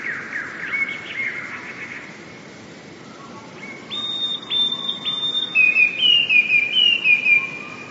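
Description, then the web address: Eurasian blue tit: blurred bird chatter opens, then a Eurasian blue tit gives three high whistles and a rapid tumbling trill. "wroblowe teka spiew. wroblowe teka modraszkoteka"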